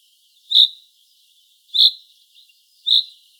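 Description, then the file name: Common chaffinch calling with short, high, sharp notes, three in all, repeated a little over a second apart with faint soft chatter between. "Fringilla coelebs"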